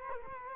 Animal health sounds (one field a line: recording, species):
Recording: mosquito wingbeat signal from an infrared sensor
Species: Culex quinquefasciatus